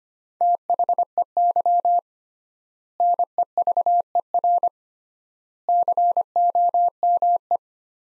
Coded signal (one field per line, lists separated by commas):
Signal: Morse code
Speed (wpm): 25 wpm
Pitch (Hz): 700 Hz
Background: none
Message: THEY NEVER COME